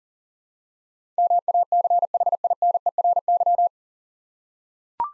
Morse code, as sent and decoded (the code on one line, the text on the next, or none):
-- .- -.-. .... .. -. . .-. -.--
MACHINERY